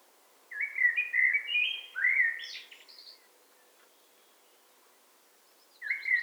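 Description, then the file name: Eurasian blackbird song: one mellow warbling phrase ending in a high twitter, a pause of nearly three seconds, then the start of another phrase. "Turdus merula"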